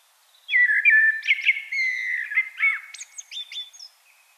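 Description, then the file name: Common blackbird giving one smooth flute-like phrase of low whistles, followed by a string of thin, high, chirpy notes. "Turdus merula"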